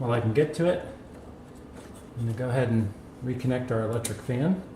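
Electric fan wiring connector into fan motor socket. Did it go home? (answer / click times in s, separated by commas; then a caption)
no / none. Someone talks while handling the plastic wiring connector of the electric radiator fan on a WJ Jeep Grand Cherokee during a radiator install, getting ready to plug it into the fan motor socket. Nothing has seated or clicked yet.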